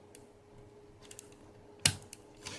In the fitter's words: you hear that click so that seemed try not to apply much pressure because